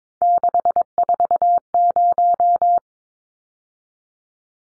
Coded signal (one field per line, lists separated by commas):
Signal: Morse code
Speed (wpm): 22 wpm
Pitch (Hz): 700 Hz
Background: none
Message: 640